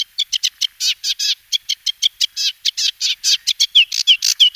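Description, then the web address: Sedge warbler song of grating, chirping notes in uneven bursts, with several sharp downward whistled slurs near the end. "Schulze Peter Sedge Warbler"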